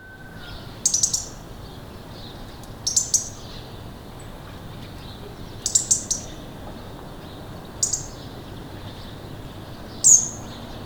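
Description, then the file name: European robin giving sharp, very high ticking calls in short bursts, repeated every few seconds over steady low background noise. "Erithacus rubecula"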